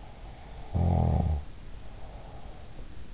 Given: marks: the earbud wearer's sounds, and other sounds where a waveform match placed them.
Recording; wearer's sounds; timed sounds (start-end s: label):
sounds in sleep by an in-ear microphone; snoring breath
0.55-3.12 s: snoring breath